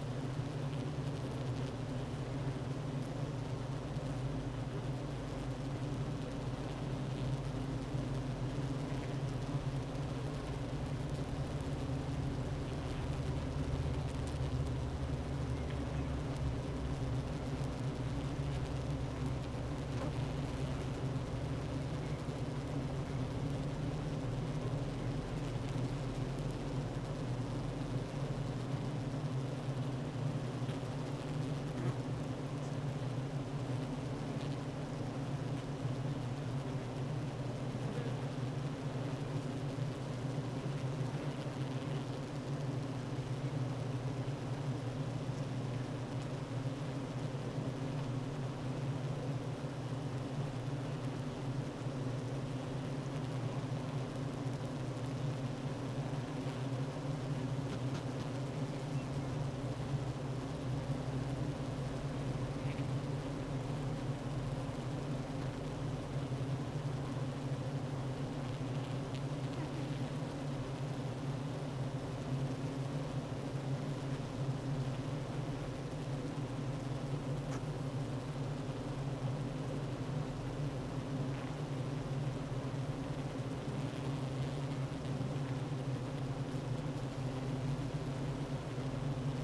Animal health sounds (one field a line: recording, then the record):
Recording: honeybee colony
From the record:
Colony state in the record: active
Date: 12 June 2018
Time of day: 9:37